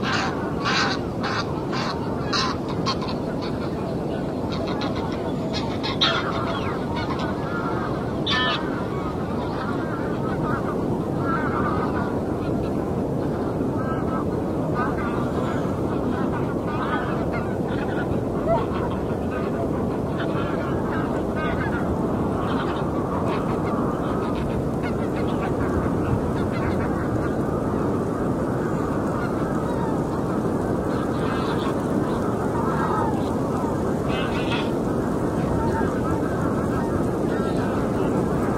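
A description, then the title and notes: Seaside ambience with a steady, dense wash of surf filling the low and middle range throughout. Seabird calls cut through repeatedly, clustered near the start and recurring around 15, 25 and 32 seconds, with honking, goose-like cries over the constant roar. The endless seaside, the breath of the ocean floating in the air, the call and healing from seabirds.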